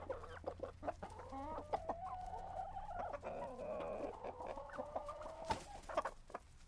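Chicken calls: drawn-out, warbling cackles with scattered sharp knocks and a low steady hum.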